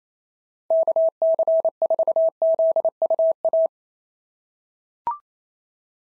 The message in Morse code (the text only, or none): KC4ZUA